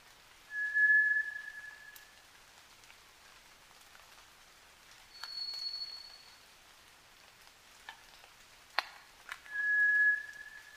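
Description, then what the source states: White's thrush song: long pure whistles alternating between a low tone and a higher one, spaced several seconds apart, with scattered clicks and drips between them. At night, 29 June 2009, 23:14.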